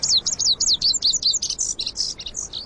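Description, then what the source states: Lazuli Bunting song, a rapid run of high, sweet, varied notes, some slurred up and down. Perched atop an elderberry spike, head tipped back while singing; found in summer in brushy canyons of the West.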